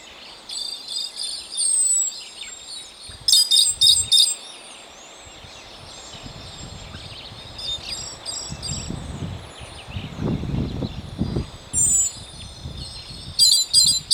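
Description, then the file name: Eastern slaty thrush song, high varied warbled and whistled phrases with bursts of rapid notes, over steady background hum and rumble. "canto do sabia ferreiro"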